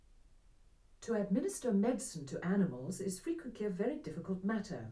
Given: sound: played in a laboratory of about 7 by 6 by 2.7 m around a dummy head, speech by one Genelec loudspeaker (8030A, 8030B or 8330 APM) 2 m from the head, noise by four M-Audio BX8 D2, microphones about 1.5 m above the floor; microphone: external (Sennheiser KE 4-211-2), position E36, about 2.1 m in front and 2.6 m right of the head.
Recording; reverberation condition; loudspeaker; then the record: female speech in English; low; behind (180 degrees)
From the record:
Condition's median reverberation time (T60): about 310 ms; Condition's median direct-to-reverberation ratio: about 3.5 dB